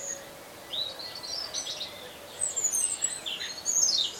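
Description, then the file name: European robin delivering high, warbled and trilled phrases in several separate bursts, over a faint constant hiss. "Erithacus rubecula"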